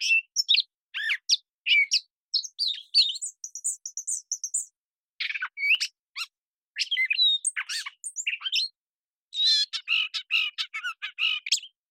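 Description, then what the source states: Gray catbird delivering a long jumble of varied squeaky and whistled phrases, including a run of high thin notes, with short gaps between phrases. Long developing song string of whistles, squeaks, gurgles, whines, nasal tones and mimicry, phrases sung almost at random; cleaned and processed from a parabolic recording.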